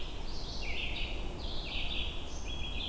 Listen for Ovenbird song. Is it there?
no